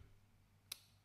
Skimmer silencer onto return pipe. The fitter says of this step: il connecte le silencieux le silencieux va venir se clipser sur